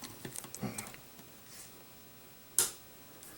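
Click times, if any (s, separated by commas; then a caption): 2.6 s. Someone pushes up the locking mechanism of an AMD-65 rifle's folding metal stock, with a few faint handling ticks early on. At 2.6 s a loud, sharp snap rings out as the stock seats and locks in place.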